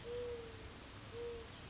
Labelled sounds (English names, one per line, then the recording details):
Mourning Dove
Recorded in Sonoma County, California